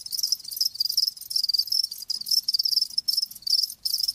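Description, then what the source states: Loud crickets chirping, high pulsed trills in bursts separated by brief pauses, nothing else clearly heard. Live crickets chirping, a lulling song.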